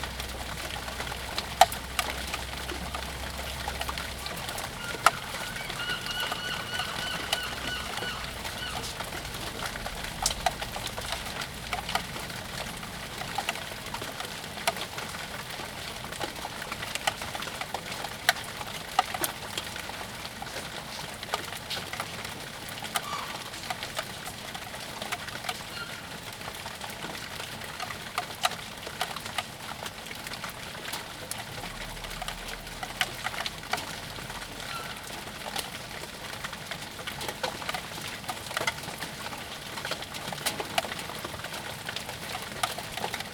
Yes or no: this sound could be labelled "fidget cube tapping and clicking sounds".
no